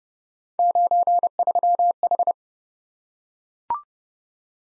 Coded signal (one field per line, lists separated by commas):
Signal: Morse code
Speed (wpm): 28 wpm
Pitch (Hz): 700 Hz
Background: none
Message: 93H